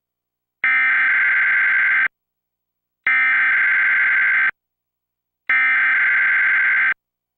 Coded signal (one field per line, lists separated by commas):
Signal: Emergency Alert System (SAME) tones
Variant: header bursts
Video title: EAS Required Monthly Test [5/7/2024]